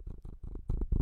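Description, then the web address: Cat purring, a low rumbling purr pulsing about four to five times a second, growing louder toward the end, with no other clear sounds. "beanstalk-audio Cat purr"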